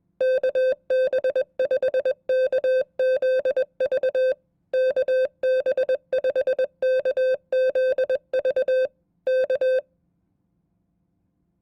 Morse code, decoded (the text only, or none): KB5KZV KB5KZV K